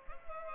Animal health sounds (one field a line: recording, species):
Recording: mosquito wingbeat signal from an infrared sensor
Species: Culex pipiens